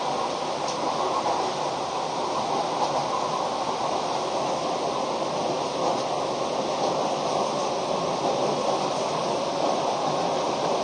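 A Keio 5000 series train runs between Motoyawata and Hashimoto, heard as a steady, dense rushing roar that holds at one level throughout. The noise sits mostly in the middle range, with a soft low rumble beneath and a few faint ticks.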